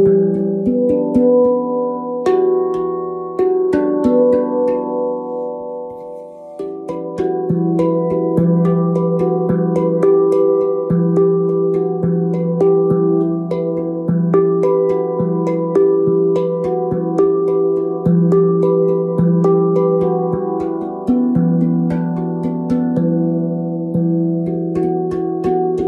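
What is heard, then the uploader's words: Tibetan singing bowls ring in long, overlapping tones that hum steadily from low to middle pitch, with a few brighter overtones shimmering above. Soft strikes land frequently and irregularly, renewing the sustained drone, and around seven seconds the blend of tones shifts to a new chord. This unique offering features Tibetan Singing Bowls that have been carefully selected and played by Julie Jewels Smoot herself.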